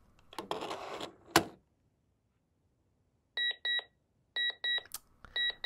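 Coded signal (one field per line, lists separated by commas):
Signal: alarm pattern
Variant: Seiko talking clock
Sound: a rustle and click, then repeated short high beeps in pairs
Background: handling noise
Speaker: OK, well, let’s at least hear what the alarm sounds like. So I’ve set the alarm to 5:01, now we just wait.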